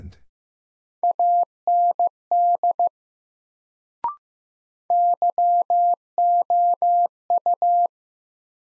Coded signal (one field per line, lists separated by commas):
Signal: Morse code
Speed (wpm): 15 wpm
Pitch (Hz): 700 Hz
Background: none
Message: AND YOU